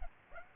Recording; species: mosquito wingbeat signal from an infrared sensor; Aedes aegypti